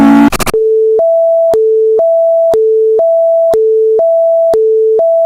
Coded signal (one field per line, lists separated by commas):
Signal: telephone call progress tone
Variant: France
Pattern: busy tone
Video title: Series 1 Of EAS Alarms Animated (FULL COLLECTION)